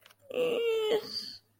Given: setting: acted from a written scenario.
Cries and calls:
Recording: vocal sound without words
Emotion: pride

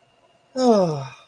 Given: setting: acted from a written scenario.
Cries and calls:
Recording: vocal sound without words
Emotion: relief

